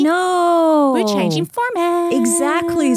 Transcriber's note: in singsong voice